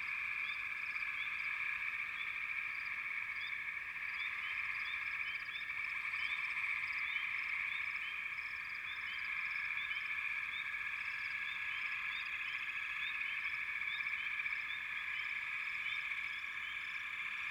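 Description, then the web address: Frog chorus, a dense continuous trilling drone with many short rising chirps scattered over it, steady throughout. "Sleep Sounds of Nature FROGS Frog Chourus"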